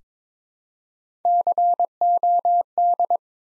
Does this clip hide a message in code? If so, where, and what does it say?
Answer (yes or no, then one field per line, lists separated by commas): yes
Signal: Morse code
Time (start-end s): 1.2-3.2 s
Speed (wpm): 22 wpm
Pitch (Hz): 700 Hz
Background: none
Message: COD